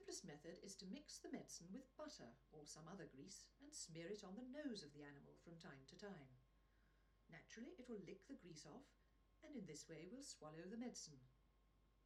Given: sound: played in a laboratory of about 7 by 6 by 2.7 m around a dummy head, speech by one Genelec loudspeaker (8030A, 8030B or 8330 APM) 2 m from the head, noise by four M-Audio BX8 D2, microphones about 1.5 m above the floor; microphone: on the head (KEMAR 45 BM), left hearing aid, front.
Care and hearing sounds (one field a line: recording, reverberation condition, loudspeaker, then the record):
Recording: female speech in English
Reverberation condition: low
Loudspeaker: in front (0 degrees)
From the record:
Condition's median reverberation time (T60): about 310 ms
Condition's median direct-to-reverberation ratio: about 3.5 dB